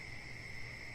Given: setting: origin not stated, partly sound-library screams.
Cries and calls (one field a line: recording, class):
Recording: one-second piece from a danger detection set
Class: normal situation